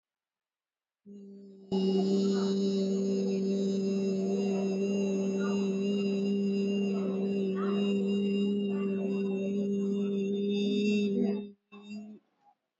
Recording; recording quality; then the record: sustained vowel as in beet; excellent, no background noise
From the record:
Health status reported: COVID-19 positive, moderate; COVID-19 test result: positive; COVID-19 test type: RT-PCR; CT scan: not taken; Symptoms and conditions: fever, diabetes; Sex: female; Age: 52 years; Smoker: no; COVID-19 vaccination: one dose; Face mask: worn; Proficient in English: yes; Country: India